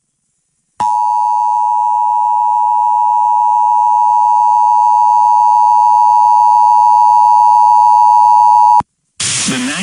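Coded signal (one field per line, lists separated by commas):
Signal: Emergency Alert System (SAME) tones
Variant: 853 and 960 Hz attention tone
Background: speech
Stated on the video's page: Real EAS alerts from a tornado outbreak.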